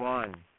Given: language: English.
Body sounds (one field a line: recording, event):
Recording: throat vibration sensor signal played as sound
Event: speech